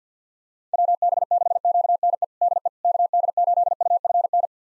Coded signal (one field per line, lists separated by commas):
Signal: Morse code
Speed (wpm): 50 wpm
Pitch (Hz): 700 Hz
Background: none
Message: WB6QNE DE KD8UFN